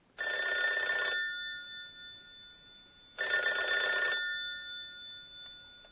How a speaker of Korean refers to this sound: 링 이것도전화소리인가요? 네정답입니다。링은다이얼방식의전화벨소리입니다。자명종벨소리에도사용되고있죠。